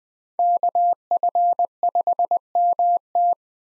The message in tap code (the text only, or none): none